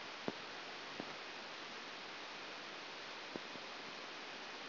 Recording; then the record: brain microelectrode recording played as sound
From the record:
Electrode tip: outside the subthalamic nucleus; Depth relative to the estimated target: -8 mm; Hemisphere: right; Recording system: AlphaMap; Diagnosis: Parkinson's disease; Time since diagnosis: 7 years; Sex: female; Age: 49 years